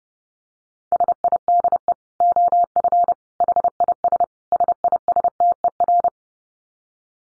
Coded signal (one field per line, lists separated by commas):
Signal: Morse code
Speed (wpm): 30 wpm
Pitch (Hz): 700 Hz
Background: none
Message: SIDE OF HIS SISTER